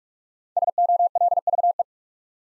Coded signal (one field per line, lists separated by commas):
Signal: Morse code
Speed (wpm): 44 wpm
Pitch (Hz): 700 Hz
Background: none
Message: SOLVE